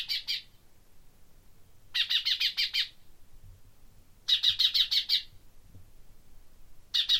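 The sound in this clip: Common chaffinch calls in short bursts of several rapid, high notes, each burst about a second long, repeated roughly every two and a half seconds.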